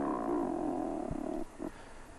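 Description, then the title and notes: Razorbill growling call, a low, harsh, drawn-out rasp that fades after about a second and a half, followed by a brief fainter grunt. "Ruokki. Juha Laaksonen"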